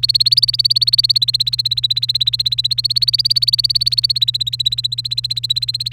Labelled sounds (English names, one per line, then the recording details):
Domestic Canary song
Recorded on 1 May 2018 at 05:49
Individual llb3